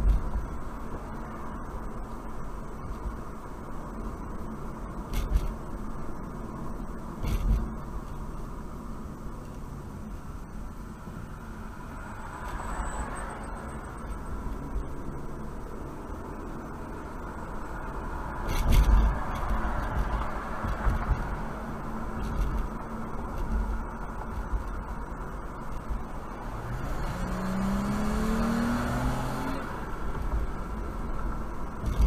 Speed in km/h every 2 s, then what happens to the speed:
52, 52, 50, 47, 39, 26, 29, 37, 45, 50, 52, 53, 53, 56, 58, 61.
0-11 slows to 26. 11-32 speeds up to 61.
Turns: none.